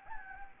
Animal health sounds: mosquito wingbeat signal from an infrared sensor; Anopheles gambiae

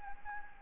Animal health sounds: mosquito wingbeat signal from an infrared sensor; Anopheles gambiae

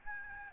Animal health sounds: mosquito wingbeat signal from an infrared sensor; Aedes albopictus

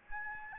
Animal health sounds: mosquito wingbeat signal from an infrared sensor; Aedes albopictus

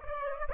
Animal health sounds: mosquito wingbeat signal from an infrared sensor; Aedes aegypti

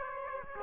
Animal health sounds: mosquito wingbeat signal from an infrared sensor; Aedes aegypti

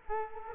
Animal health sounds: mosquito wingbeat signal from an infrared sensor; Culex quinquefasciatus

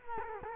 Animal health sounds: mosquito wingbeat signal from an infrared sensor; Culex quinquefasciatus

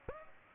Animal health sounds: mosquito wingbeat signal from an infrared sensor; Aedes aegypti

